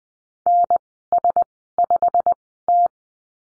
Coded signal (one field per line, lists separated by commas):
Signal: Morse code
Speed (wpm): 20 wpm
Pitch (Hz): 700 Hz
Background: none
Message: NS5T